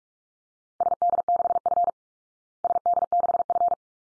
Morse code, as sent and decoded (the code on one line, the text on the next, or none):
... -.. -.... ..-. / ... -.. -.... ..-.
SD6F SD6F